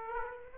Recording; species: mosquito wingbeat signal from an infrared sensor; Aedes aegypti